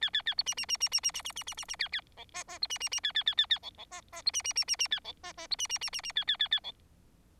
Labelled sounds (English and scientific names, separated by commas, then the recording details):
Bengalese Finch (Lonchura striata domestica) song
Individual Bird4